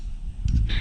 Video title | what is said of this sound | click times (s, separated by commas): Penyebab Shock Depan THUNDER 250 Keras! GANTI SIL SHOCK DEPAN SUZUKI THUNDER 250 Part 5. | sampai nanti dia bunyi klek klek. Nah bunyi itu klek klek, sebelahnya juga | 0.5 s